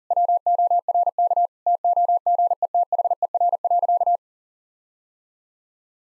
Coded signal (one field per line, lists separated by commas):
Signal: Morse code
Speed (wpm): 40 wpm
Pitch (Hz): 700 Hz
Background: none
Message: WORK TOGETHER.